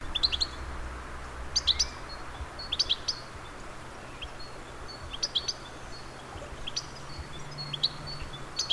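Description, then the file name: European goldfinch calls: thin, bright twittering chirps in short clusters at irregular intervals, over a steady low hum. "Carduelis carduelis"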